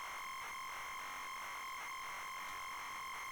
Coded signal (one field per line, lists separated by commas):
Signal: ZX Spectrum tape loading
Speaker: I bet it stores it as packets of data, does it not?